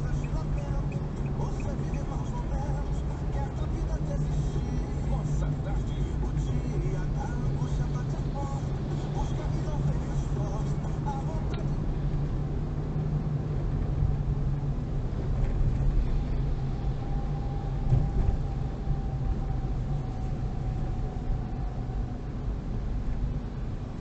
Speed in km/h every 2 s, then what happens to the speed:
38, 36, 36, 36, 35, 37, 34, 32, 31, 29, 28, 25.
0-24 slows to 25.